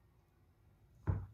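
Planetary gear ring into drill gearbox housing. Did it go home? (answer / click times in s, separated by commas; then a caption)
no / none. A toothed planetary gear ring is handled over the plastic gearbox housing of a DeWalt DC988 cordless drill, with its teeth lined up to index with the housing teeth. After about a second of near silence, a short, low thump sounds at 1.1 s and fades quickly. Nothing has seated or clicked into place yet.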